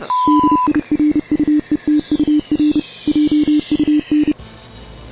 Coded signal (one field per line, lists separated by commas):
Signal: Morse code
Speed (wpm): 30 wpm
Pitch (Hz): 300 Hz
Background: none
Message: DIRUETUR JUN